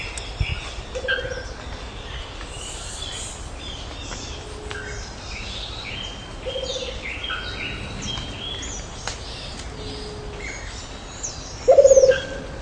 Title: LuckyPassaro Completos2Sama. Rufous-capped Motmot (Baryphthengus ruficapillus)